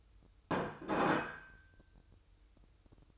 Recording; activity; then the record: daily activity, microphone in the room; place plate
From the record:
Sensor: 2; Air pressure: 988.5 hPa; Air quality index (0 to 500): 193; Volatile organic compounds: 194 ppm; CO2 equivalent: 4192 ppm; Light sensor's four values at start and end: 19/64/25/24 and 19/64/25/24